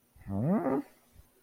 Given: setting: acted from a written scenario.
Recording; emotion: vocal sound without words; confusion